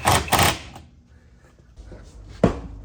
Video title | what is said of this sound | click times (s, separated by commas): Reassembling the VT 5L Calais interior! | There we go. You sort of just have to push far enough back until you hear that click. | 2.4 s